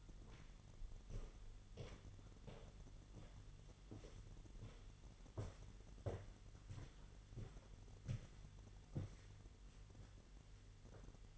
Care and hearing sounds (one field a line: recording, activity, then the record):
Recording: daily activity, microphone in the room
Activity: walk to room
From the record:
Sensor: 4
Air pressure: 989.0 hPa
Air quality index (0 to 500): 204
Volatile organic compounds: 51 ppm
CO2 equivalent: 3303 ppm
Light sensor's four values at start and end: 29/99/37/39 and 29/97/36/38